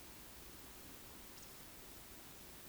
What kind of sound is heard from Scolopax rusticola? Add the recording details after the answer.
whistle. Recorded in Baden-Württemberg, Germany, on 31 May 2021 at 20:13 UTC. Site 20675, 466 m above sea level